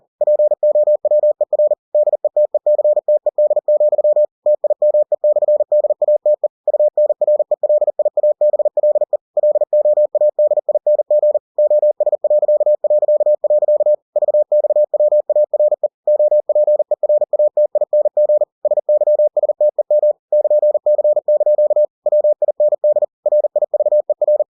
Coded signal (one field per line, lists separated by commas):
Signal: Morse code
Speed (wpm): 40 wpm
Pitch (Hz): 600 Hz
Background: none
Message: POWER DETECTED, TIME/DATE UNRELIABLE LOADING OS... VXWARE OPERATING SYSTEM <KN>C) WIND RIVER